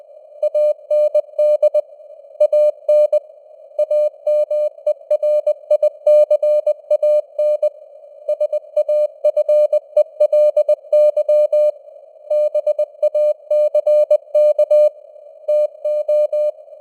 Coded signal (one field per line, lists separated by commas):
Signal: Morse code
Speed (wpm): 20 wpm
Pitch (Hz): 600 Hz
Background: none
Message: AND AN AMERICAN SAFELY BACK TO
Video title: Morse Code News | 2025-12-09 | 20wpm